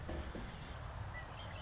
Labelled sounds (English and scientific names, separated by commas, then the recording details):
Red-winged Blackbird (Agelaius phoeniceus)
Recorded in Sonoma County, California